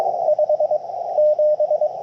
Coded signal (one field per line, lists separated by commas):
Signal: Morse code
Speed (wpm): 22 wpm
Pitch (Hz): 600 Hz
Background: radio noise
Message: 5 7